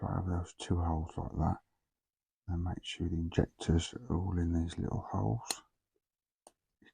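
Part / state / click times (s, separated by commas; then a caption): model fuel injectors into scale engine block part / seated / 6.5 s. Someone talks while placing a piece over two holes on a scale model Toyota Supra engine, with the plastic fuel-injector pieces lined up in the small holes of the engine block part. After the talking stops, the injectors are pressed in and a single faint, sharp click sounds at 6.5 s as they seat into place.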